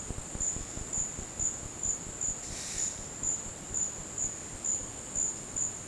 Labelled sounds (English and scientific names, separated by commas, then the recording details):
none
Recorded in dense forest near Puerto Asís, Putumayo, Colombia, on 22 December 2024 at 12:30
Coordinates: 0.466, -76.327
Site G075